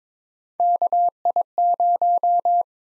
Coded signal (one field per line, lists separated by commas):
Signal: Morse code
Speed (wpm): 21 wpm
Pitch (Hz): 700 Hz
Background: none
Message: KI0